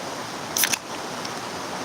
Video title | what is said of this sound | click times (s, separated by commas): Daily real live live stream😎 | Will fit on the chug as well. Clicks right in there. Look at that. | 0.6 s